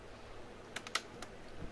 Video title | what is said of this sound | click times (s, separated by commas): How to open HP Pavilion 15-ab032TX Laptop to clean the fan and upgrade the ram | uh press down on it uh in the front as well like all the edges till you hear the clicks | 0.8 s, 0.9 s, 1.0 s, 1.2 s